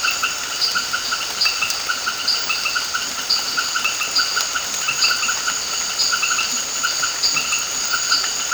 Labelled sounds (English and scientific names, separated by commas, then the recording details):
none
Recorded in dense forest near Puerto Asís, Putumayo, Colombia, on 24 March 2025 at 18:30
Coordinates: 0.481, -76.323
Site G088